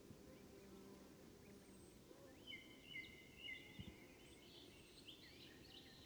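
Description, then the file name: European robin calling: faint thin whistled notes held around the middle, then brief higher twittering, over a steady low rumbling background. "Erithacus rubecula"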